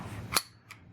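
A Spitzer cartridge is pressed down into the single-stack box magazine of a Winchester 95 lever-action rifle, so the round can be fed without bending the magazine lips. A sharp metallic click at 0.4 s marks the cartridge or metal follower seating into place, followed by a fainter click at 0.7 s. The cartridge is seated.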